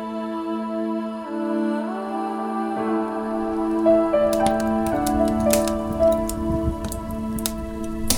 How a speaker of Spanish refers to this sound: Ese sonido que estáis escuchando es el crepitar de una chimenea, de un fuego bailarín que está justo enfrente nuestra.